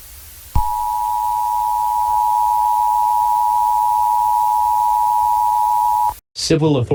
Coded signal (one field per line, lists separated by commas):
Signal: Emergency Alert System (SAME) tones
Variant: 853 and 960 Hz attention tone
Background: speech